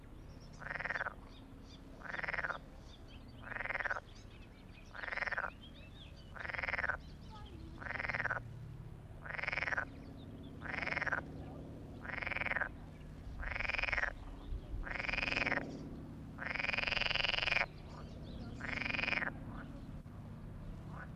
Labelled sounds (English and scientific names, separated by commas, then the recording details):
Edible Frog (Pelophylax esculentus) call
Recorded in the wild
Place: Hohen Neuendorf, OT Borgsdorf, Brandenburg, DE
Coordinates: 52.7083, 13.275
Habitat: pond
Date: 1960-06-01 12:00
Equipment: Reporter, Vollspur
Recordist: Günther, Rainer